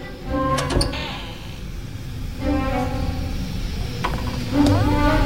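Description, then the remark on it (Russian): A heavy green door slides open as Chihiro goes through it, with a few sharp clanks and grinding, scraping strokes, its creaking overtones rising over a steady background hiss; no one speaks. “Тихиро подходит к зеленой двери из инструкции Хаку.”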